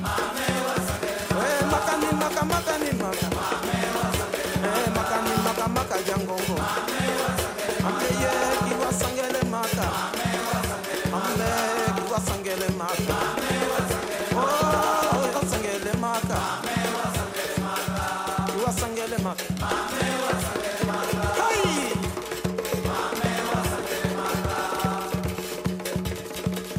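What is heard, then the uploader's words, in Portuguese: A noisy street in Luanda, loud and unbroken for the whole stretch. Music with a steady, quick beat and a singing or melodic line runs throughout, layered over a thick wash of crowd and voices with no pauses. Ruas ruidosas de Luanda.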